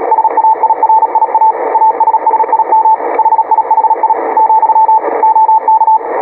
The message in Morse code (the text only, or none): SAIRIA ASSIM HIHI , OK